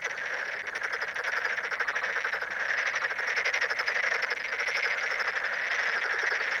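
Toads calling in a dense continuous chorus, many overlapping trilling pulses forming a steady buzzing wall of sound throughout.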